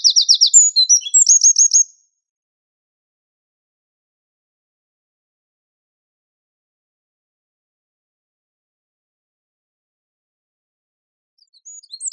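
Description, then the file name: Eurasian wren singing two seconds of very high, fast rattling trills, followed by long silence and a faint restart at the very end. "Troglodytes troglodytes"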